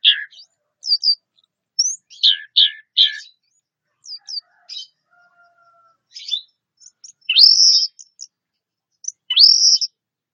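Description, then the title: Orange-headed thrush song of varied high notes, a quick triplet of similar phrases, then two loud upslurred whistles separated by a pause. "Anis Merah"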